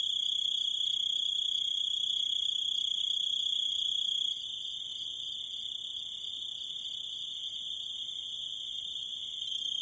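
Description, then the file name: Grasshopper calling: piercing continuous high drone with evenly spaced short chirps, the level dipping partway through. "zvuki kuznechika"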